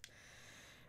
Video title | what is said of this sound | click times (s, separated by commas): Lbeads.com Collaboration video- A beautiful turquoise Statement Necklace | and then close it shut see can you hear the click | 0.0 s